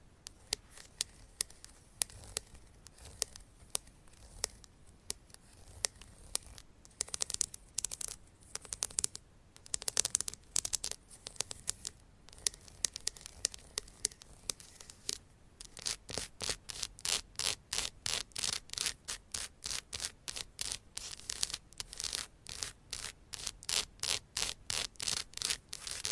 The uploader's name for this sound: ASMR Fast & Aggressive Tapping & Scratching with Different Mics Items & Nails